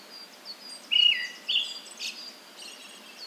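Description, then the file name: Brown-headed thrush giving a brief pair of whistled phrases, the first a flat whistle dropping at the end, with faint high bird notes behind. "akahara"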